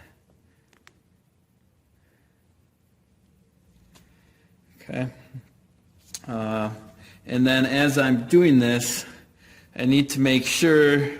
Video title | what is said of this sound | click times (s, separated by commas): Simplicity 560: Leaky exhaust valve, Valve seat cutting part 1 of 2 | I want that locked into place. | 0.7 s, 0.9 s